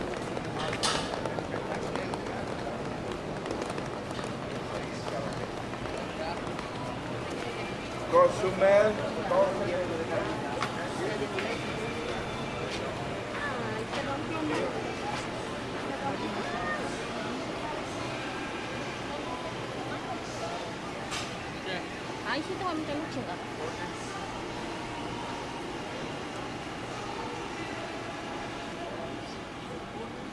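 A walk down 5th Avenue in Playa Del Carmen, with a dense, steady wash of voices and chatter throughout. Brief sharper sounds stand out around eight to nine seconds, and a low traffic hum runs underneath the whole time.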